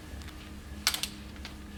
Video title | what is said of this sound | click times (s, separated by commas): The Art of Making Fabrication Workshop I: Safety • Measuring • Cutting • Drilling • Tapping | wait until you hear a clicking sound and you're ready to go | 0.9 s